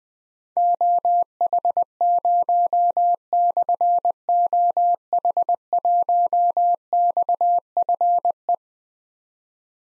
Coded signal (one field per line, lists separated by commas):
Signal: Morse code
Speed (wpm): 20 wpm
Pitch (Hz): 700 Hz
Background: none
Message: OH0/OH1XFE